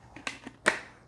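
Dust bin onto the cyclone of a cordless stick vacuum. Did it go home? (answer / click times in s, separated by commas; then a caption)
yes / 0.7 s. The plastic dust bin of a Samsung Jet60 Pet cordless stick vacuum is twisted back onto the cyclone assembly after the dust has been tapped out of the cyclone. A few light plastic ticks at about 0.2, 0.3 and 0.5 seconds lead to a sharp, loudest click at 0.7 seconds as the bin locks home and seats.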